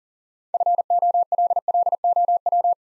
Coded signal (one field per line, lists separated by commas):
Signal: Morse code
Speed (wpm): 37 wpm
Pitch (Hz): 700 Hz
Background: none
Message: FOLLOW